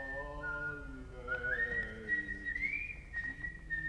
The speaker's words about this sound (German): Ihm war nicht ganz wohl, aber er lachte. Und plötzlich pfiff er sogar.